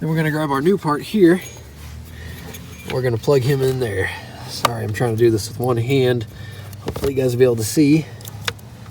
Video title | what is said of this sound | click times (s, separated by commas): How to Fix GM blower Control Module | he clips in just like so. | 8.5 s